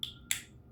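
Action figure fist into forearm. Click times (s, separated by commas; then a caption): 0.3 s. A plastic action-figure fist is brought up and popped into place in its forearm. A faint tick comes at 0.0 s, then a sharp, bright plastic snap at 0.3 s as the fist seats firmly in the forearm.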